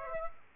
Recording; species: mosquito wingbeat signal from an infrared sensor; Aedes aegypti